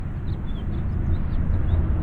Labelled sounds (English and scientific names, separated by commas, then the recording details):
House Finch (Haemorhous mexicanus) song
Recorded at Wantagh on Long Island, New York, on 21 May 1975
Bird E